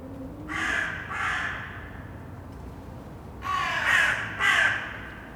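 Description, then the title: Crow cawing, two harsh caws, a pause, then three more hoarse caws over low steady background rumble. Recorded in Saint-Gilles, Belgium, with Sony PCM-D100 internal microphones in wide position. "Saint-Gilles, Belgique - Crows - corneilles"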